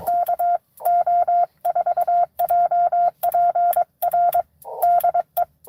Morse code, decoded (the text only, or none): KO4JPR DE